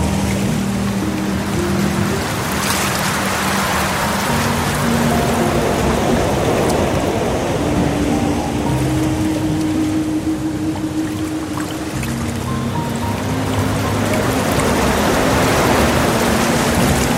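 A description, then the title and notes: Gentle water streams hiss steadily throughout while soft, sustained piano notes shift slowly between low pitches underneath, staying calm and even. Offering a specially curated blend of relaxing piano music and gentle water streams.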